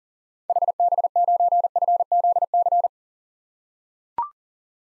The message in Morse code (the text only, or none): HB9FZC